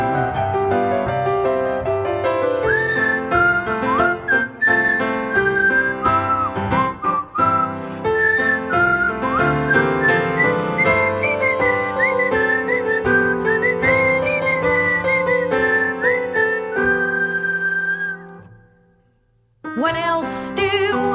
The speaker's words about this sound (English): Some who ain't doing well whistle to beat all hell. Whistling has bucked up quite a few. Whistling? Yep.